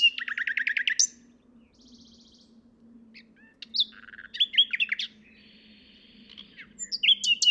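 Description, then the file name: Common nightingale song opening with a fast rattle of repeated notes, then a quiet buzzy passage and varied sharp whistles and chirps. "Luscinia megarhynchos"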